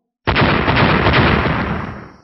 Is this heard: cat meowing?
no